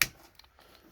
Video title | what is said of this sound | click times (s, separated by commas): How I Mount a Scope | know it's tight you hear that click of the wrench | 0.0 s